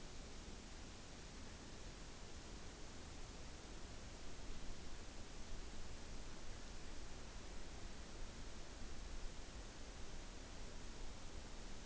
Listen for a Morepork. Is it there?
no